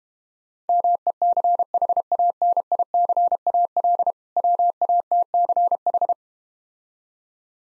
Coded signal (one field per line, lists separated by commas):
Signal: Morse code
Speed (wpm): 32 wpm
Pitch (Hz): 700 Hz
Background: none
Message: MECHANICAL WATCH